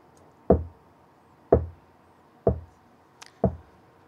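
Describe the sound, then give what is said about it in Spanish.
A wooden club (garrote) strikes four times at a steady, roughly one-second pace as a man makes his rounds of a hacienda at night, each a sharp, solid knock with a short decay, with a faint higher click just before the last blow. “De día duerme en la cocina de servicio o pasa el tiempo bromeando con las cocineras, mientras que de noche, arropado con un capote, da vueltas por la hacienda acompañándose del golpeteo de un garrote.”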